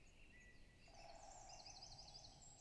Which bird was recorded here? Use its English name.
Great Spotted Woodpecker